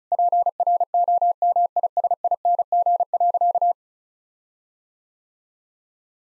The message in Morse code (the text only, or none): PROMISING.